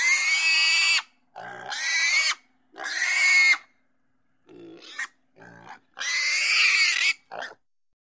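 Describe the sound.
Pig squealing in harsh, high-pitched bursts about a second long, separated by short silences, with a few shorter squeals in the second half.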